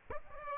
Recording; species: mosquito wingbeat signal from an infrared sensor; Aedes aegypti